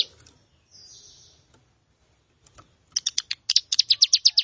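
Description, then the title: Plain prinia song: a few scattered high notes, then a run of sharp high buzzy notes. "Ciblek Sawah"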